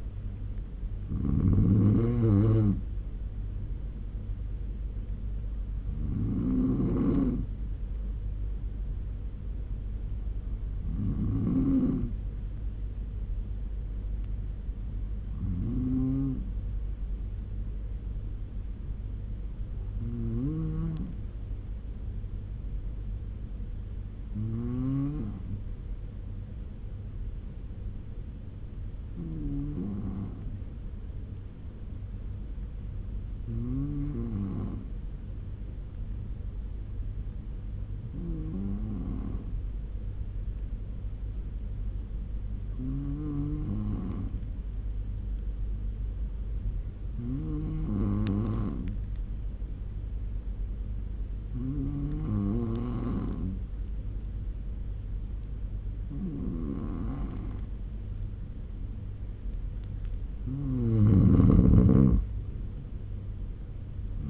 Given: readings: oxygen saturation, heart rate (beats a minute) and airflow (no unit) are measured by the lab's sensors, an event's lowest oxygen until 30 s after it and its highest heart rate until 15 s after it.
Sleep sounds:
breathing in sleep by a smartphone at the bedside; 1
23.00-60.10 s: hypopnea (N2, oxygen 96% highest, then 93% lowest, heart rate 75 at the start, 85 highest)
From the record:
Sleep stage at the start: N2 (light sleep); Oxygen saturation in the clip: 92 to 97%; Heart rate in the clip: 69 to 85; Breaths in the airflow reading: 14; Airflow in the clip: -7.5 to 9.4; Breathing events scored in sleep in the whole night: 201 in 6.5 hours asleep

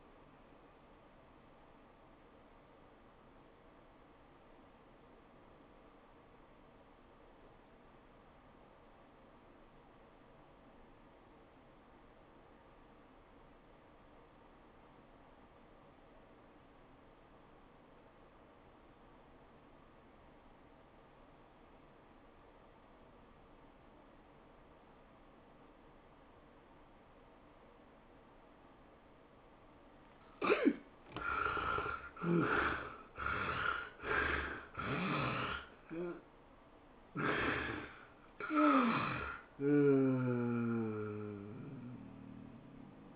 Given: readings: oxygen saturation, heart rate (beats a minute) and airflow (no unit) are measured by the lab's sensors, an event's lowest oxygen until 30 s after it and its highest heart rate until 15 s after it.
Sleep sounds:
breathing in sleep by a voice recorder at the bedside; 1
4.00-29.80 s: obstructive apnea (REM, oxygen 86% highest, then 59% lowest, heart rate 80 at the start, 115 highest)
From the record:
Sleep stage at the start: REM sleep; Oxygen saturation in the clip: 60 to 86%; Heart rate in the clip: 68 to 115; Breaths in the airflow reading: 3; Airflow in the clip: -17.2 to 11.9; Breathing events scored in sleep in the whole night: 403 in 5.5 hours asleep

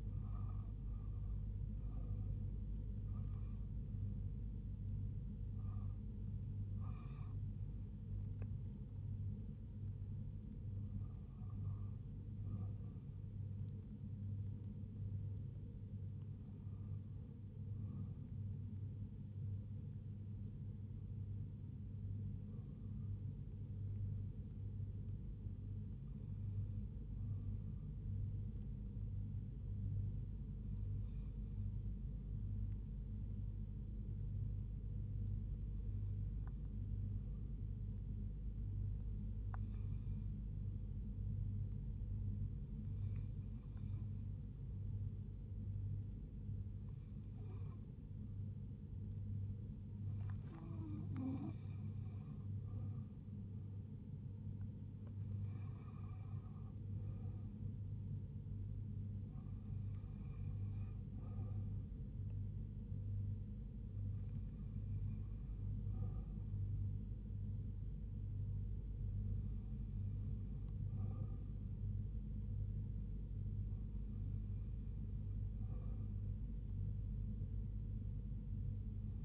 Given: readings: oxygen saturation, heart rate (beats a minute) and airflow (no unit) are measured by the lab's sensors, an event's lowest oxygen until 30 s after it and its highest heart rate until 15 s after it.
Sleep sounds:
breathing in sleep by a smartphone at the bedside; 1
0.00-31.00 s: awake
31.00-53.30 s: hypopnea (N1, oxygen 88% highest, then 87% lowest, heart rate 72 at the start, 80 highest)
From the record:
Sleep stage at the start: N1 (lightest sleep); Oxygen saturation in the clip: 87 to 88%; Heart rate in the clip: 68 to 80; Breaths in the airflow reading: 19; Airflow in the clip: -4.3 to 3.7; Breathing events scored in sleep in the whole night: 158 in 7.3 hours asleep

